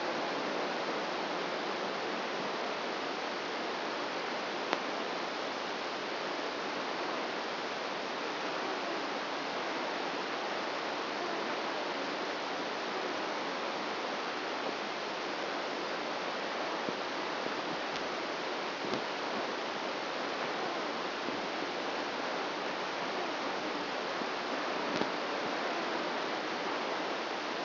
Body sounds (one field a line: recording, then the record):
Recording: brain microelectrode recording played as sound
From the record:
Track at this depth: outside the subthalamic nucleus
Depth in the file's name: -0.71 mm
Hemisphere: right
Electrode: 2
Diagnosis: Parkinson's disease